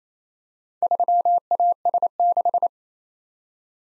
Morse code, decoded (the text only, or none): 3AS6